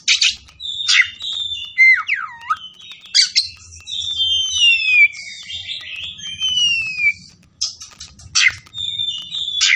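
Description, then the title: Oriental magpie-robin song with long clear whistles that slide down and up, broken by short rasping bursts and quieter pauses. Kacer fighting song, styled ngotot full tembakan, meant to make a kacer fight. "Kacer Langsung Tarung Konslet KACER NGOTOT FULL TEMBAKAN"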